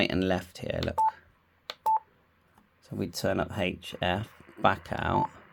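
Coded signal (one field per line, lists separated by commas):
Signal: none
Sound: radio's key beeps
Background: speech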